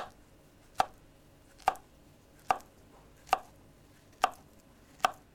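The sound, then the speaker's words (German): A knife chops a peeled banana into small pieces on a board for a banana and strawberry milkshake, six crisp, evenly spaced taps at a steady, unhurried rhythm, with no talking. “Jetzt noch klein schneiden.”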